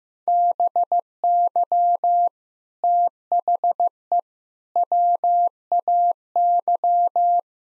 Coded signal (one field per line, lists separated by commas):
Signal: Morse code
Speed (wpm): 15 wpm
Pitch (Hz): 700 Hz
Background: none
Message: BY THE WAY